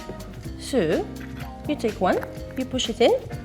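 A screwdriver bit is being pushed into the quick-change holder of a BAHCO cordless power screwdriver while someone talks over background music. Nothing has seated or clicked yet.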